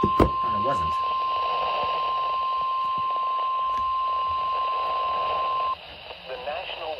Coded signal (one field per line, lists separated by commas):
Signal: Emergency Alert System (SAME) tones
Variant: 1050 Hz attention tone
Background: speech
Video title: (EAS #2,299 - #2,337) FIRST OUTBREAK AT THE APARTMENT!!! - EAS Alerts from 6/16/25